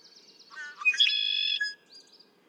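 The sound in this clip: Red-winged blackbird song: a run of short notes sliding into a loud, rattling, buzzy trill, then a faint high chirp.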